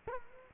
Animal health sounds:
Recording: mosquito wingbeat signal from an infrared sensor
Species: Culex quinquefasciatus

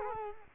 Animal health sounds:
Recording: mosquito wingbeat signal from an infrared sensor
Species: Culex quinquefasciatus

